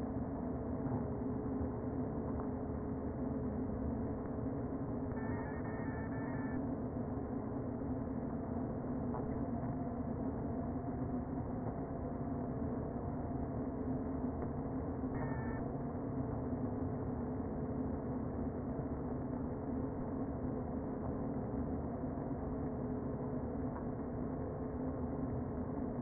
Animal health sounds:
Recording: honeybee colony, microphone inside the hive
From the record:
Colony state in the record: queen present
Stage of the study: before two queens were removed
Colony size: about 60,000 bees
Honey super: yes

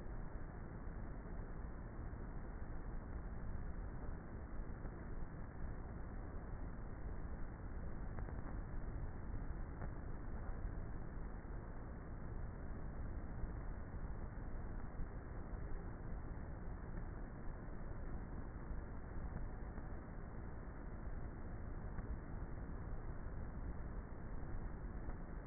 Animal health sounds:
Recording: honeybee colony, microphone inside the hive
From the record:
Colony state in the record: queenless with a low population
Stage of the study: before two queens were removed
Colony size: about 30,000 bees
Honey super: no

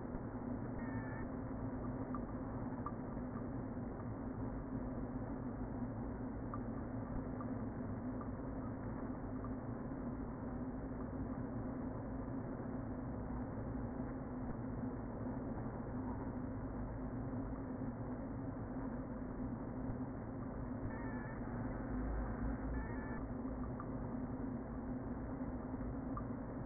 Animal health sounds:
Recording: honeybee colony, microphone inside the hive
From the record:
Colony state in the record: queen present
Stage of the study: before two queens were removed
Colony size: about 60,000 bees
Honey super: yes

